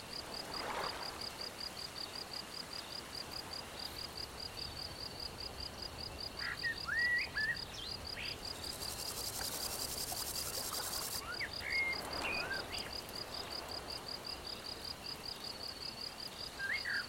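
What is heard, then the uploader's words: Spring peepers sing in the distance, a steady, rapid pulsing chorus of high peeps running through the whole clip. Short rising bird whistles break in around seconds 6–7 and 12, and a bright hissing wash sits over the middle. Wetlands & Spring Peepers.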